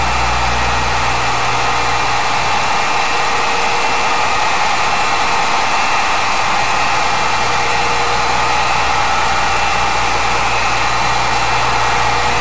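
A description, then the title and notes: Computers hum steadily in a studio, a dense fan-like hiss layered with several fixed whining tones in the middle and upper range. A low mains-like drone sits underneath, thinning slightly after the first second or two, while the overall level stays constant throughout. Recording of encoding computers humming in WFMU's Studio C by Dan Bodah.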